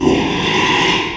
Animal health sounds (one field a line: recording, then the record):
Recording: squeal of a Yucatan mini pig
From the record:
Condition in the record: after surgery on the right vocal fold (resection and tissue-engineered implant)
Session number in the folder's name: 1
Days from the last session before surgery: 6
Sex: male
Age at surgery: 12 weeks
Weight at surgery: 13 kg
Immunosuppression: cyclosporine, prednisolone